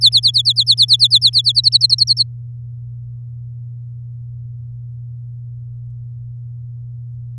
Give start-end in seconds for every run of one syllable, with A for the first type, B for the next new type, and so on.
0.01-2.23 A